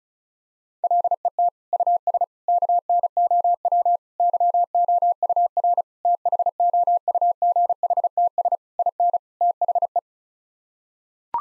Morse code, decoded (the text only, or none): LET US KNOW YOUR THOUGHTS IN THE